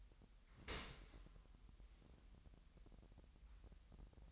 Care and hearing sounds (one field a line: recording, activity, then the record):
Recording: daily activity, microphone in the room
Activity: open dishwasher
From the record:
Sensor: 3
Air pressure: 998.2 hPa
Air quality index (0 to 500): 150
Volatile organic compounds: 5 ppm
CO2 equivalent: 1792 ppm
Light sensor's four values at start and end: 13/38/15/14 and 13/38/15/14